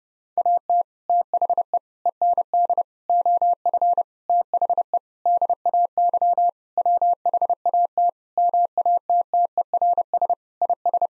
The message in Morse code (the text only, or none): AT THE END OF THE DAY WHAT MATTERS IS